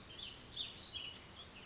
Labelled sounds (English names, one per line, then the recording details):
Warbling Vireo
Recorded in Sonoma County, California